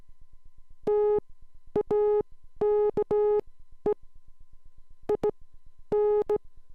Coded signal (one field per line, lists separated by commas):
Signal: Morse code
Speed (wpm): 16 wpm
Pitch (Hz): 420 Hz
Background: none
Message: TAKE IN